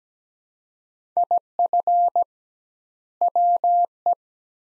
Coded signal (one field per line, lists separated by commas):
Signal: Morse code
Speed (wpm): 17 wpm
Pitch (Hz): 700 Hz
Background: none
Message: IF WE